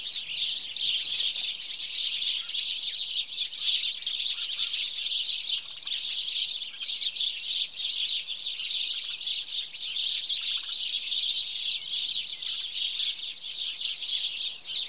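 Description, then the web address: House sparrows chattering as a flock, unbroken high-pitched chirping throughout with little variation in loudness. "BBC Sound Effects Library BBC 47-Birds 21 House Sparrow (Passer Domesticus)"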